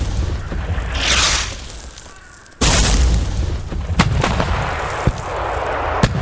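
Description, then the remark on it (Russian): Heavy artillery shell blasts shaking the ground by a small wood, bursts rising above the trees: a deep rumbling roar, then a sudden loud boom that lingers, followed by several sharper thuds through a continuous low rumble. “Только мы успели отбежать от лесочка и найти более-менее приемлемое укрытие, как глухой удар содрогнул землю. С За ним последовало еще несколько. Шатки разрывов поднялись над деревьями”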